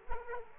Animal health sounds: mosquito wingbeat signal from an infrared sensor; Aedes aegypti

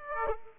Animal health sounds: mosquito wingbeat signal from an infrared sensor; Aedes aegypti

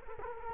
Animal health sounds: mosquito wingbeat signal from an infrared sensor; Culex quinquefasciatus

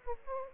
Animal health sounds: mosquito wingbeat signal from an infrared sensor; Aedes aegypti

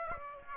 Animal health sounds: mosquito wingbeat signal from an infrared sensor; Aedes aegypti

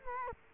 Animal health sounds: mosquito wingbeat signal from an infrared sensor; Culex quinquefasciatus

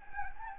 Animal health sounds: mosquito wingbeat signal from an infrared sensor; Anopheles gambiae

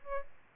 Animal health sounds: mosquito wingbeat signal from an infrared sensor; Aedes albopictus

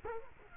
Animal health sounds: mosquito wingbeat signal from an infrared sensor; Culex quinquefasciatus

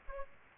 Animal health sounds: mosquito wingbeat signal from an infrared sensor; Aedes aegypti

